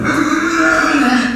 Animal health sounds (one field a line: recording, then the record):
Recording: squeal of a Yucatan mini pig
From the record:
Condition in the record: after surgery on the right vocal fold (resection and tissue-engineered implant)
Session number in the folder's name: 6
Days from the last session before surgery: 40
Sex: female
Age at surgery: 19 weeks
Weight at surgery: 25 kg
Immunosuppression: prednisolone